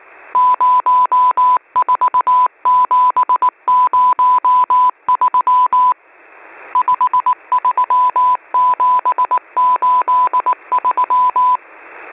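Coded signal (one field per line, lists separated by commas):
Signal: Morse code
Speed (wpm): 19 wpm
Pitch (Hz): 1000 Hz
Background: none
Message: 04703 53783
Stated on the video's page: Numbers-station CW messages: Squeaky Wheel on 5361 kHz, also broadcast on 5473 kHz; Pip sub frequency 6922 kHz, main 5448 kHz.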